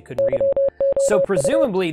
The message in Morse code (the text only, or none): YOU